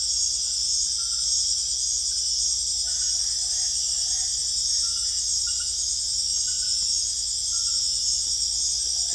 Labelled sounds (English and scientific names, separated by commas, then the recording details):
none
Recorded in secondary vegetation near Puerto Asís, Putumayo, Colombia, on 20 December 2024 at 21:30
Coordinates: 0.488, -76.319
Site GP04